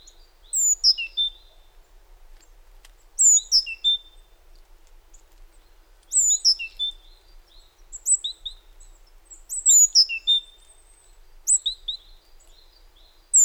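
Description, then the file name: Great tit calls in bursts of bright descending chirps, each burst followed by lower clipped notes, repeated several times. "Parus major"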